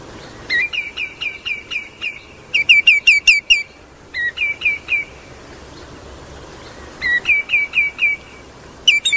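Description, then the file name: Common greenshank: several series of ringing, evenly spaced notes. "tieng chim choat bung trang lon keu"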